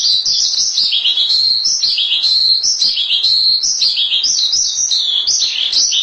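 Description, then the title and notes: Starling song, a continuous stream of high chattering and squeaky notes, rising and falling without pause throughout. "suara burung jalak"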